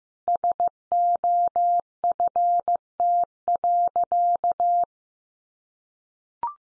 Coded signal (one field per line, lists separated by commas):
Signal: Morse code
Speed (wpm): 15 wpm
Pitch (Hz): 700 Hz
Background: none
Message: SOFT.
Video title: Easy Phrases 15wpm